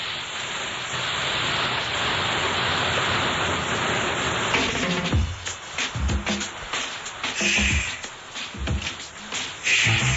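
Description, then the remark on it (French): Rain patters against window panes, a steady hiss at first that gives way to scattered, irregular drops tapping sharply on the glass. No voices are heard. “On écoute le plic-ploc de la pluie sur les carreaux”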